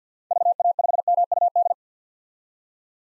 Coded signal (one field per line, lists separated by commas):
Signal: Morse code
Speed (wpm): 50 wpm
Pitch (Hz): 700 Hz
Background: none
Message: VA5MUD